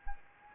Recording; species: mosquito wingbeat signal from an infrared sensor; Anopheles gambiae